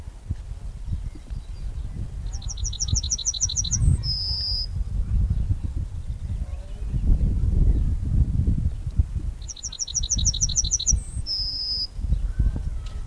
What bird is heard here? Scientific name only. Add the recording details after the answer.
Emberiza citrinella. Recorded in the wild. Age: adult. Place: Lübars (Fließtal), Berlin, DE. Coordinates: 52.6167, 13.35. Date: 2001-05-01 13:02. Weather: sonnig, 23°C, windig. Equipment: Nagra SN, Kopie Uher 4000 Report Monitor. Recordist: Tembrock, Günter